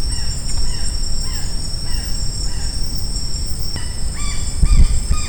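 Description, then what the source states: Blue-naped parrot: repeated grating arched calls, a brief pause with a few clicks, then another quick run of squawks, all over a constant insect hum. Recorded on Maratua.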